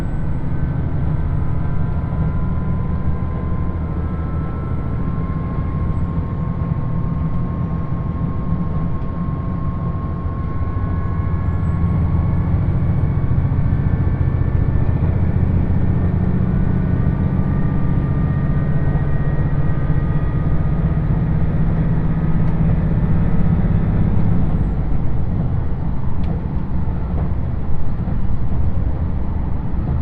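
A diesel limited express train on the Yosan Line runs with a steady, heavy low engine drone and rumble that holds through most of the ride. Faint tonal whines drift slowly in pitch, and around twenty-five seconds the sound thins and turns rougher and choppier.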